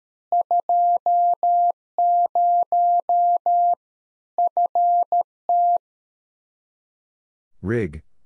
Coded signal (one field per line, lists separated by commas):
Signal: Morse code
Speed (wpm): 13 wpm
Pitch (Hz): 700 Hz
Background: none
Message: 20 FT